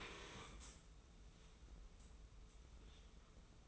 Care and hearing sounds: daily activity, microphone in the room; stand up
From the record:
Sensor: 1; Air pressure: 994.4 hPa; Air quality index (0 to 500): 220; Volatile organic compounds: 1000 ppm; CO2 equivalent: 7886 ppm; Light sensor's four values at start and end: 134/305/137/150 and 132/300/135/148

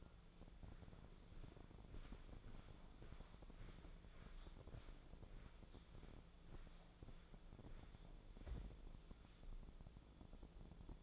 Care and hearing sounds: daily activity, microphone in the room; walk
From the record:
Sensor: 5

